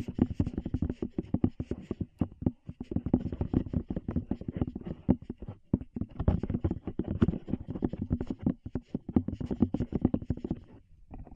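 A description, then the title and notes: Ears being tapped in a fast, dense flurry of soft, dull thumps that runs almost without a break for the whole clip. The taps are low and muffled with a faint rustle above them, and they stop briefly near the end before a few more. ASMR Tap Your Ears 3Dio (No Talking).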